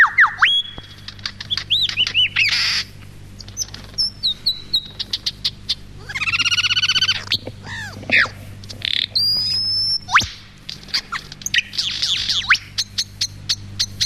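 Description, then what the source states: Superb Lyrebird in varied song, mixing looping whistles, sharp clicks, a grating buzzy stretch, quick rising chips and a high whistled note, with a quiet low hum throughout. Male in his forest home.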